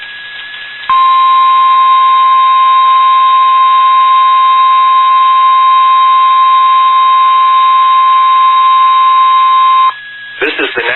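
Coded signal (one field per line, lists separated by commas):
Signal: Emergency Alert System (SAME) tones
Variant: 1050 Hz attention tone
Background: speech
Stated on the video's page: NOAA Weather Radio weekly test SAME tones.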